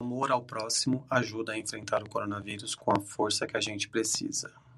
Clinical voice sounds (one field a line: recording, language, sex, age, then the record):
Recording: spoken sentence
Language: Brazilian Portuguese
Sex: male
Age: 30 to 39 years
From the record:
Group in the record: control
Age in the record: 32 years